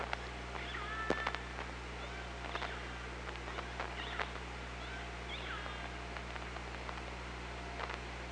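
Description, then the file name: Orca sounds underwater: faint curving whistled calls repeat throughout among sharp clicks, over a constant low mechanical hum. Recorded on the OrcaLab hydrophone, 24 August 2017, 18:34. "Orca Lab UTLN JASON 20170824 183404"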